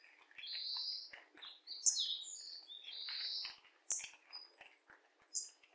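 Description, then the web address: Bird calls: high, short whistled and chirping notes overlapping in quick succession, several with sliding pitch, some sharper tweets cutting in between. "yacho koe"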